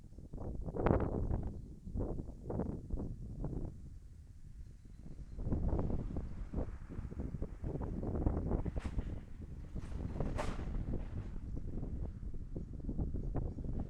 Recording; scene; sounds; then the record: everyday scene through a hearing-aid microphone; wind on the microphone; wind, traffic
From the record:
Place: in front of a rural house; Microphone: behind the ear, left, rear